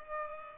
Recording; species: mosquito wingbeat signal from an infrared sensor; Culex pipiens